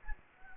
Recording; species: mosquito wingbeat signal from an infrared sensor; Anopheles gambiae